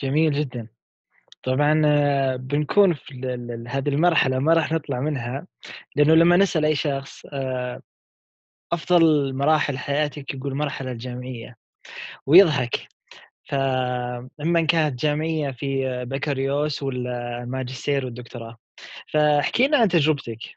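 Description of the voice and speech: One adult speaks fluent conversational Arabic in a quiet room, with ordinary hesitation fillers, a few drawn-out vowels and natural pauses. Voice quality is clear and the rate is normal, with no blocks or repeated sounds. This is ordinary fluent speech.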